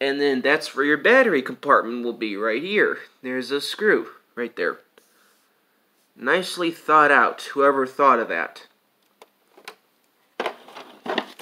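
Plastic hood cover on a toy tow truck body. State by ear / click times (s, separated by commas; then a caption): seated / 11.2 s. Someone talks while showing the battery compartment under the plastic hood cover of a Driven Standard Series toy tow truck, which is held by a screw. Faint ticks and handling sounds follow as the hood cover is pushed back down. It snaps in place with a sharp click at 11.2 seconds.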